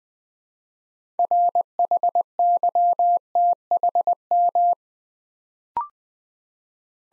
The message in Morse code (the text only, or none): RHYTHM